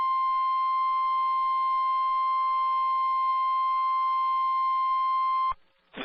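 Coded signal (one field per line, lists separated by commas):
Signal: Emergency Alert System (SAME) tones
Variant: 1050 Hz attention tone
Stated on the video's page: Severe thunderstorm warning from the Milwaukee, Wisconsin weather radio transmitter.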